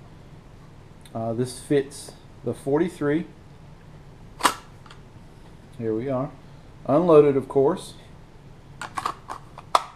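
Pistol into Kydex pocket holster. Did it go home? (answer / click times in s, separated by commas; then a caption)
yes / 9.8 s. Someone talks while an unloaded Glock 42 pistol is pushed into a Battlefield Green Vedder Holsters Pocket Locker Kydex pocket holster. A few small sharp ticks come just before the loud click at 9.8 s, when the retention snaps over the trigger guard and the pistol is seated.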